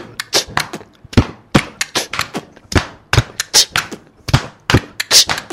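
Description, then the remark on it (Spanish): A person beatboxes a steady, driving groove, mouthing punchy kick-drum thumps between crisp, hissy snare and hi-hat clicks. The rapid, percussive vocal imitation of drums is loud and stands alone without speech. “Soy un beatbox.”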